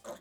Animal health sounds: pig call; piglet (1 to 25 days)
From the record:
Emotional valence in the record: negative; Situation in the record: restrain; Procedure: back test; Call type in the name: low-frequency call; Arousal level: maximum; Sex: female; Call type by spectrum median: low-frequency call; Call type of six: low-frequency tonal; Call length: 0.21 s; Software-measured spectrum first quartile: 546 Hz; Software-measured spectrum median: 930 Hz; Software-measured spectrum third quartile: 3039 Hz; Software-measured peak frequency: 573 Hz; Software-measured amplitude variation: 213 dB a second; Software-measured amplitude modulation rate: 4.8 a second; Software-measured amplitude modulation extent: 44.8 dB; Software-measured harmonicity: 3.7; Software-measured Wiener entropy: -1.86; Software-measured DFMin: 1402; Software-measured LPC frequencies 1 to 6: 592, 1205, 3381, 5566, 6388, 6874 Hz

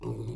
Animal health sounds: pig call; weaner (32 to 43 days)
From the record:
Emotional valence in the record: negative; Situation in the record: novel object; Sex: female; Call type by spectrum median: low-frequency call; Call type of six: low-frequency stable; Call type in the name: low-frequency stable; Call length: 0.35 s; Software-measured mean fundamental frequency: 57 Hz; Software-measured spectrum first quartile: 117 Hz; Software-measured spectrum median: 224 Hz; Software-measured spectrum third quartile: 417 Hz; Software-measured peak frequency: 354 Hz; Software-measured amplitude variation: 125 dB a second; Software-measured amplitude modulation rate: 15.5 a second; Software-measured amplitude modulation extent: 8.0 dB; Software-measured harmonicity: -1.6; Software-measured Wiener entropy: -0.10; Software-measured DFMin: 1239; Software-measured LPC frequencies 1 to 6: 333, 968, 2710, 3941, 4854, 5770 Hz

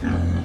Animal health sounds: pig call; growing-finishing pig (85 days or more)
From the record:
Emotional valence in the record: negative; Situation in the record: barren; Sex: female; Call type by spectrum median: low-frequency call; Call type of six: low-frequency stable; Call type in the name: low-frequency stable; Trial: 1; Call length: 0.45 s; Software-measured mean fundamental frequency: 44 Hz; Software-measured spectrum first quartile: 90 Hz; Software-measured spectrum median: 178 Hz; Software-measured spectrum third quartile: 377 Hz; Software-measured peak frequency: 242 Hz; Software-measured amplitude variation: 106 dB a second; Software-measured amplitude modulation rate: 28.0 a second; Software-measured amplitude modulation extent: 3.8 dB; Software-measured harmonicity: 0.2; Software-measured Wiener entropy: -1.03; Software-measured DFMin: 673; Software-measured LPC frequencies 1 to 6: 1634, 2378, 3106, 3986, 6000, 7224 Hz

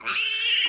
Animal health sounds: pig call; piglet (1 to 25 days)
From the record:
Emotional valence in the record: negative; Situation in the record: castration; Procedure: castration, shear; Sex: male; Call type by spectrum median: high-frequency call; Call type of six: high-frequency modulated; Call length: 0.69 s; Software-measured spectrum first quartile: 2746 Hz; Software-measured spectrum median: 4015 Hz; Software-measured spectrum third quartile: 7162 Hz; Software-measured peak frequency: 2857 Hz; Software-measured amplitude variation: 95 dB a second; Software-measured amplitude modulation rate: 24.5 a second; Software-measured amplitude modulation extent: 3.9 dB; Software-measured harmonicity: 5.2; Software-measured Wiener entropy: -2.70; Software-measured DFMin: 812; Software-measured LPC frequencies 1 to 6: 1342, 2745, 3030, 4103, 5747, 7345 Hz

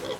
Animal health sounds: pig call; piglet (1 to 25 days)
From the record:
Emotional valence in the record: positive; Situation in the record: huddling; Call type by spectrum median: low-frequency call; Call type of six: low-frequency tonal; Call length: 0.20 s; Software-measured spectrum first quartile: 470 Hz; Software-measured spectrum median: 909 Hz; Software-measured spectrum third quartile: 2812 Hz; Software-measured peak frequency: 510 Hz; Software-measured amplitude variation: 113 dB a second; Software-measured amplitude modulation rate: 12.7 a second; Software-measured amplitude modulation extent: 8.9 dB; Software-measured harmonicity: 2.1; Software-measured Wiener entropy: -1.66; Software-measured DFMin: 944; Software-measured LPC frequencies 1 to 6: 516, 1174, 2014, 3316, 4140, 5183 Hz

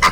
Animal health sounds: pig call; piglet (1 to 25 days)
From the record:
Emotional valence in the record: positive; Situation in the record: reunion after long isolation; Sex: male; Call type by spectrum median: low-frequency call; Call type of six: low-frequency tonal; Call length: 0.11 s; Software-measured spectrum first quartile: 1055 Hz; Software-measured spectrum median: 1575 Hz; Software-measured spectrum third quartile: 2758 Hz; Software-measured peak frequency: 1213 Hz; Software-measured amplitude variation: 87 dB a second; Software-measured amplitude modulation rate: 4.4 a second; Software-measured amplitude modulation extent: 19.7 dB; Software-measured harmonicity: 1.9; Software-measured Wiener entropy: -1.69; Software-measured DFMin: 623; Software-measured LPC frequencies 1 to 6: 1130, 2044, 2872, 3876, 4737, 5449 Hz

